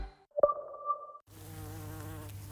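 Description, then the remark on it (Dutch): Bees buzz in a steady, low droning hum that runs unbroken through the second half, preceded by a short higher-pitched whirring tone that rises and fades. No one speaks. “Wij gaan in de buurt bijen tellen.”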